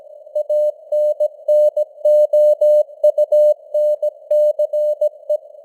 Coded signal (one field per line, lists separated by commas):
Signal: Morse code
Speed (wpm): 17 wpm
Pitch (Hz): 600 Hz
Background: none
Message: ANNOUNCE